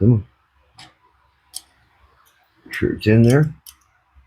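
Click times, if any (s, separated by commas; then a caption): 3.7 s. With the valve spring compressed, a steel valve keeper (lock) is pushed into the retainer groove on the valve stem of an aluminum LS3 cylinder head while someone talks. A few faint ticks come earlier, then a single sharp metallic tick at 3.7 s marks the keeper seating in the spring retainer.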